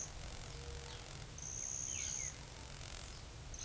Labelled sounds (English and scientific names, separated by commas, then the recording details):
none
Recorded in forest near Pivijay, Magdalena, Colombia, on 4 June 2023 at 12:30
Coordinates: 10.467, -74.380
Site Z5-G034